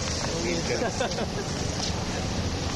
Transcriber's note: laughter